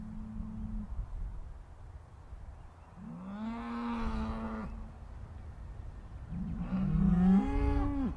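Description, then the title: Cow mooing three times, the last one loudest. "Harmony in Hooves: Decoding the Rhythms of Cow Conversations"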